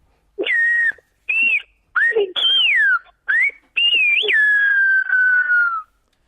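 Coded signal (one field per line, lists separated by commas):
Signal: whistled language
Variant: Silbo Gomero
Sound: six loud whistled phrases rising and falling in pitch, ending in a long descending whistle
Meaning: It's not just any day, the name of a radio programme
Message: no es un día cualquiera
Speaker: qué te parece si escuchamos cómo se silba el nombre del programa como es no es un día cualquiera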